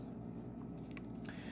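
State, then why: Not seated. An iPhone 7 Plus flex cable connector is handled over its socket on the phone's logic board during a screen and Touch ID replacement. A steady low hum runs throughout, with a few faint short ticks between 0.9 and 1.3 s. Nothing has seated or clicked yet.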